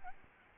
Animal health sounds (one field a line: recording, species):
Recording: mosquito wingbeat signal from an infrared sensor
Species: Aedes albopictus